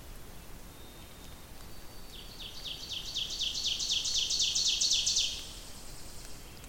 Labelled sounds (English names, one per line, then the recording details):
Ovenbird song
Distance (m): 25 m
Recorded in boreal forest in Alberta, Canada, on 2 June 2016 at 08:06
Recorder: SongMeter 3, array SBT-3-7
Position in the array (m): 259 m, 15 m
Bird 10